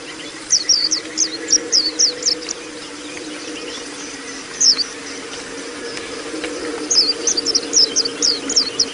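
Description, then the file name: White-eye calls: bursts of short, very high chirping notes in quick runs, a pause broken by a single note, then another run, over a steady low hum. Audio therapy for caged birds. "audio-terapi-pleci-7-omkicau"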